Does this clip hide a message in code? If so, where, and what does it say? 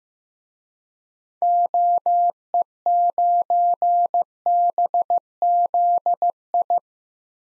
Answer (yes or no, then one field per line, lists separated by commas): yes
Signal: Morse code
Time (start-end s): 1.4-6.8 s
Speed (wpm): 15 wpm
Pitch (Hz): 700 Hz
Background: none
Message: OE9BZI